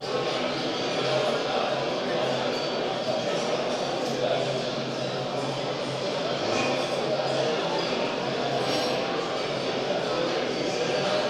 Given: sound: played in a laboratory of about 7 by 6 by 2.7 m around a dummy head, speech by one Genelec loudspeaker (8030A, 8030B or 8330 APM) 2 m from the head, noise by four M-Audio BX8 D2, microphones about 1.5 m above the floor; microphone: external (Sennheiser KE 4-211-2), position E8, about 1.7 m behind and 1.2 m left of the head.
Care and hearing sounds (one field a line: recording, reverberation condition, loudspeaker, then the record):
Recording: cafeteria noise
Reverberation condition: high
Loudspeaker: four, about 170 cm from the corners of the room and facing them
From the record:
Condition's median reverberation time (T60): about 1300 ms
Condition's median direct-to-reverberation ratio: about -4.0 dB